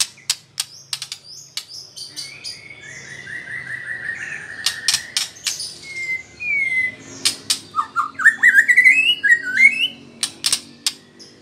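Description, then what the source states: White-rumped shama song: sharp clicks mixed with a long trilled whistle, then a climbing series of bright wavering whistled notes. Female.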